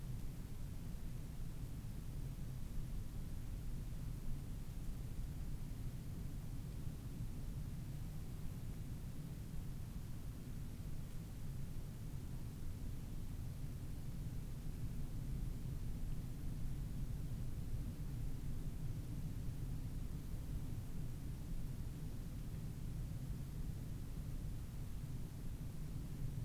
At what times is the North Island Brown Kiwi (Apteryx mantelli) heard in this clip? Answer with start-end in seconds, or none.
none